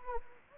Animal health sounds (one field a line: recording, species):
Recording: mosquito wingbeat signal from an infrared sensor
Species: Anopheles gambiae